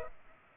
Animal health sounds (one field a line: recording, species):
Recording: mosquito wingbeat signal from an infrared sensor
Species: Culex pipiens